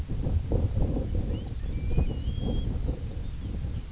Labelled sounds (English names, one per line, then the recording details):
Lapland Longspur
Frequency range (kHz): Lapland Longspur 1.7-6.6 kHz
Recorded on Arctic tundra, site IGLO-A, on 21 June 2018
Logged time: 15:59